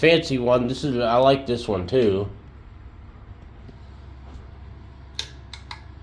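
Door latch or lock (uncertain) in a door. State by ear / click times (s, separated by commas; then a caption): seated / 5.2 s. Someone talks for the first couple of seconds while working a fancy fitting on a door that will need replacing, probably a door latch or lock. After a quiet stretch, a sharp, loud click comes at 5.2 s, followed by two softer taps. The latch clicks shut and is seated.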